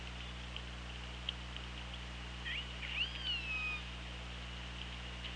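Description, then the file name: Orca call, a single bright cry that sweeps up then slides gently down, against constant underwater noise. Recorded by OrcaLab hydrophone, underwater, on 24 August 2017 at 17:37:14. "Orca Lab UTLN JASON 20170824 173714"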